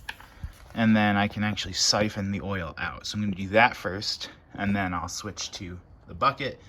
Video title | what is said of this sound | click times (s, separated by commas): First Oil Change on the X-Pro Titan 250 | All right, this thing gets attached to that, locks into place, and | 0.1 s